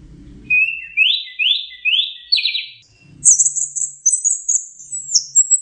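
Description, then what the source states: Orange-headed thrush song: a series of rising slurred whistles, then a fast high trilled run, with brief low noise at the start. Training recording used for teaching song to caged birds.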